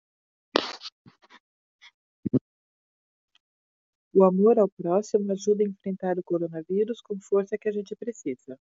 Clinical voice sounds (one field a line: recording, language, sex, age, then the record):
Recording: spoken sentence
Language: Brazilian Portuguese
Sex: female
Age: 50 to 59 years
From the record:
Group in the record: control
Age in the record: 52 years